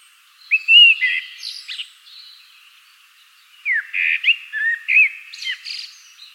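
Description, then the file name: Common blackbird song in two bursts: rich fluting whistles, a quiet pause, then another whistled phrase closing in high squeaky notes. "Turdus merula"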